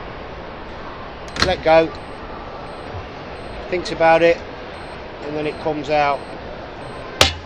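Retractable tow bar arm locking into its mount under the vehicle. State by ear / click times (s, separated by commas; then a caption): seated / 7.2 s. A metal retractable tow ball arm, released after its button is pressed for 2 seconds, swings out from under a vehicle and locks into its deployed position in its mount. Someone talks over a steady background hum. A sharp metallic clunk at 7.2 s marks the arm latching into place.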